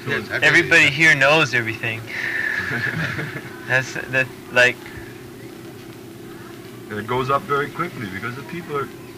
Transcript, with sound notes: Everybody here knows everything. [laughter] As, like... It goes up very quickly, because the people are